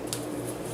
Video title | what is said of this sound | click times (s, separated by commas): Gemmy 2017 Life Size Animated Jack Skellington Unboxing/Setup/Review | And you'll hear it click just like that, which means it's ready to go. | 0.1 s